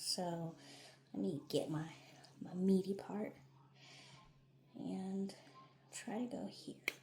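An injector pen is handled and positioned against the fatty part of the body before injecting, while someone talks softly. Nothing has clicked yet.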